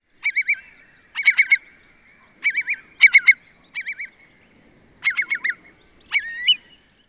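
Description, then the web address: Bird calling in short bursts of wavering, warbled notes mixed with dry rattling clicks, each burst about a second apart against a quiet background. "Eyewitness Birds"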